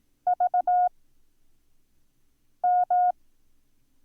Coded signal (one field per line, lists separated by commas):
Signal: Morse code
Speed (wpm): 18 wpm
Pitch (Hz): 720 Hz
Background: none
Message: VM